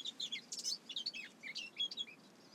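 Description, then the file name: Eurasian blackcap delivering a rich, fast warble of varied chirps and whistled notes in quick bursts, with brief pauses between phrases and a quiet hiss behind. "Sylvia atricapilla"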